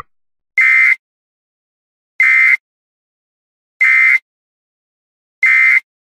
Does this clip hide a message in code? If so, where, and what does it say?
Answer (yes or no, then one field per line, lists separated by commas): no